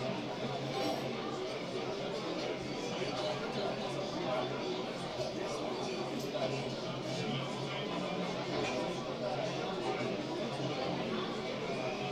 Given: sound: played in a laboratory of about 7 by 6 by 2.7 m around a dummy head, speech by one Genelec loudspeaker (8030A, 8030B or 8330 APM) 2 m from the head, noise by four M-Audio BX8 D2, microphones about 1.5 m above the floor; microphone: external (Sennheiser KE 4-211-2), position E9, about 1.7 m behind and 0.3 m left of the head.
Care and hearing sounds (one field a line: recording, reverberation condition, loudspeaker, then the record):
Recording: cafeteria noise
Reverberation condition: low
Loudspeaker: four, about 170 cm from the corners of the room and facing them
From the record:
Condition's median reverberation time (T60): about 310 ms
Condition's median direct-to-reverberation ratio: about 3.5 dB